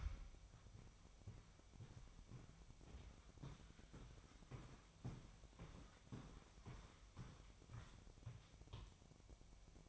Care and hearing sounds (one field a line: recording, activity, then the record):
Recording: daily activity, microphone in the room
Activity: walk to room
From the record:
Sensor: 1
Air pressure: 999.4 hPa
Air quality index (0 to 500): 198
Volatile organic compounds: 40 ppm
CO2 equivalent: 3154 ppm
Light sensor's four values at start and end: 10/24/10/10 and 10/23/9/10